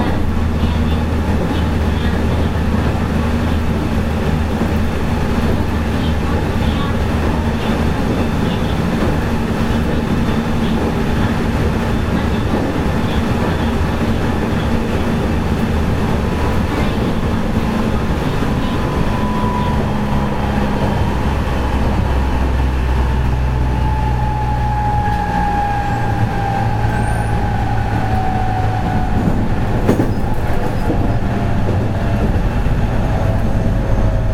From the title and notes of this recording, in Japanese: JR207系 尼崎から住吉まで。JR西日本 207系電車の走行音です。JR神戸線の普通列車にて収録しました。